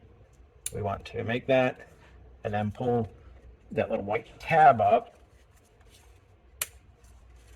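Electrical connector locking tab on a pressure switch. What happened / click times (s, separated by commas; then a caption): The connector locking tab snapped into place / 6.6 s. Someone talks while an electrical connector is plugged onto a new pressure switch on a 2016–2022 Mercedes-Benz GLC (X253), replaced to troubleshoot code P24D8. The small white plastic locking tab is then pulled up, and a single sharp click at 6.6 s marks the connector locking into place.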